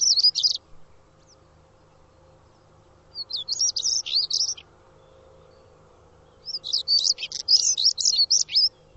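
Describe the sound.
Bird giving bursts of high, rapid chirping notes in three separate bouts, with a quiet steady hum beneath.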